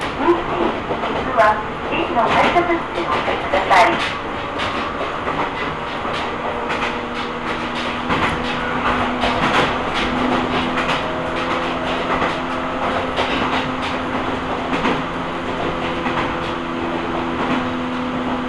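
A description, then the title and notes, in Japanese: A ride on the Ohmi Railway train, from Takamiya through Hikone to Yokaichi. A steady low rumble fills the carriage, with a sustained whining tone and frequent sharp clicks and clacks from the wheels and rails. The clatter is busiest in the first few seconds. 近江鉄道 高宮→彦根→八日市。高宮での待ち時間が長いこともあって一旦彦根まで戻り、再び本線に戻って八日市へと向かいます。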